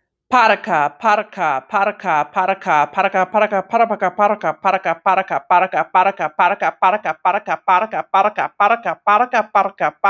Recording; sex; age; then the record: repeated syllables /pa ta ka/; female; 40 to 49 years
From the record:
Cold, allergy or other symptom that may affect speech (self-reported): no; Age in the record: 40 years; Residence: North Carolina, United States